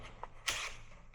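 A mounting plate slides into a handheld DJI camera gimbal, with a small tick at 0.2 s and a louder, brighter click at 0.5 s as it is pushed in. The click means the plate has caught and won't slip off, but it is not locked until the separate lock is engaged.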